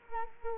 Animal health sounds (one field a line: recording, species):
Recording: mosquito wingbeat signal from an infrared sensor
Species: Culex quinquefasciatus